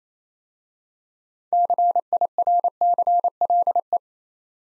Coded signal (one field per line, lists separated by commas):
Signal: Morse code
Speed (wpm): 29 wpm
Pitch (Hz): 700 Hz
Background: none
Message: CIRCLE